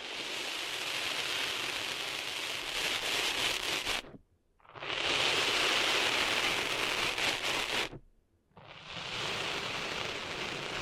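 Sand being cleaned out of an ear: a dense, steady hiss of rubbing and scratching with a bright, gritty edge. It cuts out completely twice, around four seconds and again near eight, then quickly swells back to the same rushing level.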